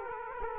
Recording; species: mosquito wingbeat signal from an infrared sensor; Aedes aegypti